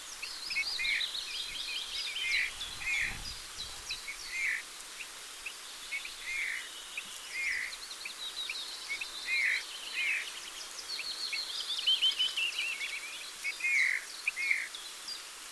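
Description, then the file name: Eurasian bullfinch giving soft, mellow piping notes at irregular intervals, mixed with busy high twittering and trilled songs of other small birds. "Pyrrhula pyrrhula"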